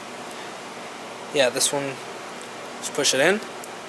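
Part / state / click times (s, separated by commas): methanol line into push-to-connect fitting / seated / 3.6 s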